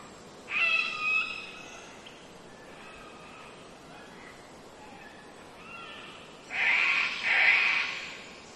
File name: zapsplat. rainforest ambience wind trees birds mainly cockatoos close by early spring qld australia